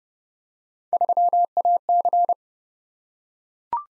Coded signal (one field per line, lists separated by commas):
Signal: Morse code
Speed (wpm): 29 wpm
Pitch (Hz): 700 Hz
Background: none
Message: 3AC